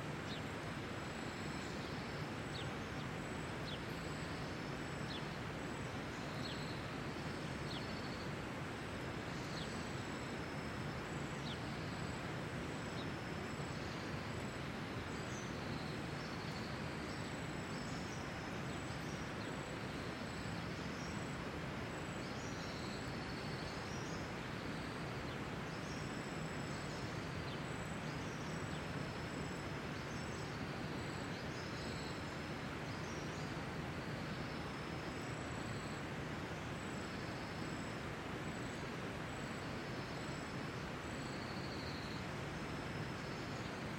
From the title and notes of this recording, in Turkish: Ormandaki Şelale. Ormana kulak veriyor, yakınlarda bir şelalenin sesine rastlıyoruz. Enis Çakar tarafından, Vadi Ses Kütüphanesi için kaydedilmiştir.